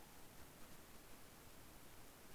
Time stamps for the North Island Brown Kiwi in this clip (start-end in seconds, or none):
none